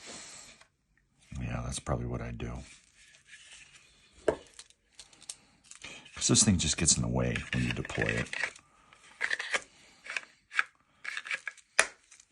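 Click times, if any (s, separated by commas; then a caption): 11.8 s. Someone talks while handling an ODENWOLF W Flat fixed-blade knife and its sheath, with soft rustles and scattered taps in between. The knife is pushed into its sheath and snaps into place with a sharp, loud click at 11.8 s, fully seated.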